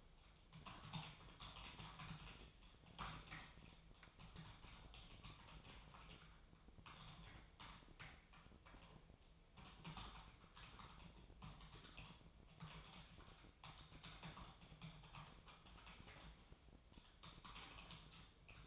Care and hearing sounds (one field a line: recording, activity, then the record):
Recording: daily activity, microphone in the room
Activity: typing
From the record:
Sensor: 1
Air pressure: 999.2 hPa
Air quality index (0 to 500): 209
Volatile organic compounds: 51 ppm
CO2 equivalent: 3309 ppm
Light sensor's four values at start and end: 9/22/8/9 and 9/22/8/9